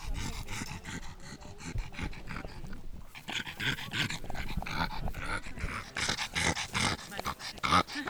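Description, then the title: Pug breathing, a run of noisy, raspy snorts and wheezy puffs in quick uneven bursts, with a short quiet gap. Pug dog breathing. "Gos Carlí"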